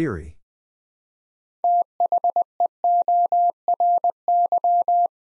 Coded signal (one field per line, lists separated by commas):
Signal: Morse code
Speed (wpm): 20 wpm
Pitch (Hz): 700 Hz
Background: none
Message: THEORY